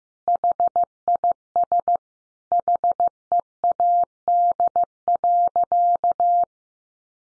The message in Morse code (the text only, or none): HIS HEAD.